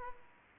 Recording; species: mosquito wingbeat signal from an infrared sensor; Aedes aegypti